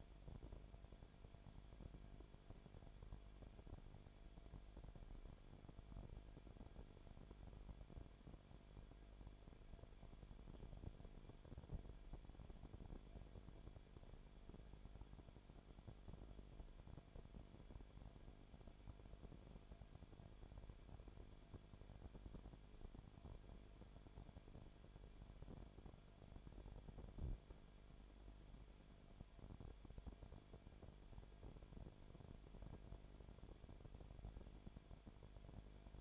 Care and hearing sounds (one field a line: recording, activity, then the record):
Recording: daily activity, microphone in the room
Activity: no activity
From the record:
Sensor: 5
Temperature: 19.9 degrees Celsius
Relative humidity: 35.5%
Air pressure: 1003.4 hPa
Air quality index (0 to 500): 58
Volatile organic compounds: 1 ppm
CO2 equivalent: 639 ppm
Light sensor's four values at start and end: 2/3/1/1 and 2/3/1/1